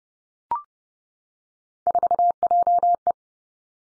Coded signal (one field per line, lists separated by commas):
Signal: Morse code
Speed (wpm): 30 wpm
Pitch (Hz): 700 Hz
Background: none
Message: 4JE